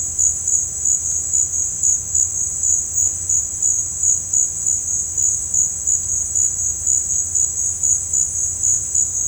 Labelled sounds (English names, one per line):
none